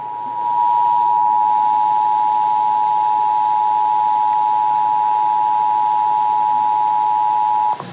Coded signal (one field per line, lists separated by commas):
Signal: Emergency Alert System (SAME) tones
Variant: 853 and 960 Hz attention tone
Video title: AM/FM EAS #365: Severe Thunderstorm Warning